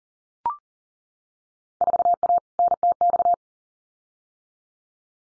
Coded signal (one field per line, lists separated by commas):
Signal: Morse code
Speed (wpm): 41 wpm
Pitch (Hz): 700 Hz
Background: none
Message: 4A NTX